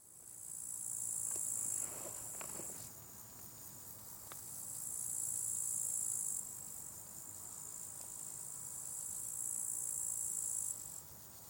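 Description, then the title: Cricket trilling in repeated high shimmering bursts, each swelling and breaking off, with a few faint clicks and a low rumble behind. Crickets at a small spot beside a hiking path with wild natural meadows at Lake Wolfgangsee, Strobl, Austria; some traffic audible; recorded with SD702t and MKH8040. "Strobl, Österreich - Grillen am Wolfgangsee"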